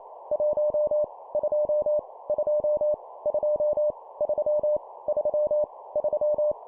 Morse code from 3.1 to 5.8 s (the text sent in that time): 2 3 3